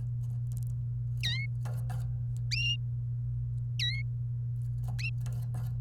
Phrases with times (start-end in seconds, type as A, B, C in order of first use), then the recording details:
1.23-1.46 A, 3.79-4.02 A. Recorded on 28 April 2018 at 14:54. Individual llb3